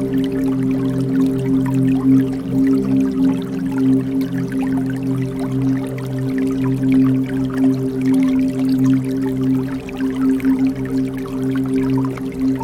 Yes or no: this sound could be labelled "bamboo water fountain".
yes